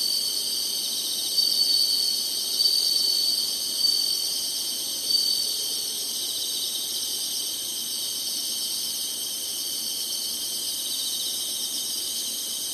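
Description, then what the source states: Insects sing in a ceaseless high shimmering chorus, with a few slight swells in the first half. Singing insects in summer.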